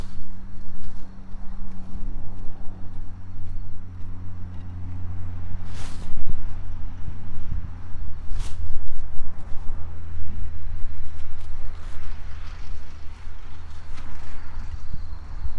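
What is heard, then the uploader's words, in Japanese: Garlic planting on an autumn evening: holes are made, cloves dropped in one at a time, and soil covered over them. A steady low hum runs throughout, with scattered soft scraping and rustling, and a few brief sharp knocks around 6 and 8.5 seconds. 秋の、日が暮れ始めた16時過ぎ、ニンニクの定植。台風が南遠くから近づいてきている。曇り空の空気の少し重たい夕暮れ。穴あきマルチに棒で穴を開け、1片ずつニンニクを入れたあと、土をかけていく。秋の夕方 ニンニクの定植。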